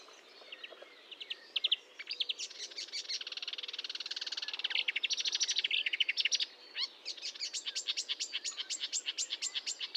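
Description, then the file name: Marsh warbler song, a sustained dense buzzy chatter of varied notes, ending in a long run of rapid, regularly repeated sharp ticks. Recorded at Fontaine-Française (Fourneau), 1 June 2022 at 10:55, with a Nagra recorder and Telinga microphone. "Rousserolle verderolle 20220601 1055 Fontaine-Francaise-Fourneau-Nagra-Telinga"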